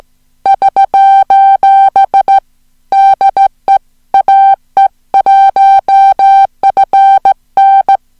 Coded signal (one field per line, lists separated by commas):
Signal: Morse code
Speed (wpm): 17 wpm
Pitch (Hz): 780 Hz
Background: music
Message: <SOS> DE AE1FN